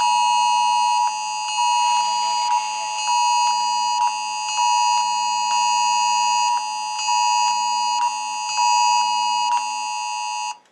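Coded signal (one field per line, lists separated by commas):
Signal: Emergency Alert System (SAME) tones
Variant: 853 and 960 Hz attention tone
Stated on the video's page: Nationwide FEMA EAS test.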